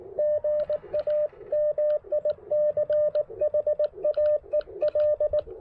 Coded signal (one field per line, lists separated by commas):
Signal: Morse code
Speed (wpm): 18 wpm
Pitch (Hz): 600 Hz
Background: radio noise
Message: GA MICHAEL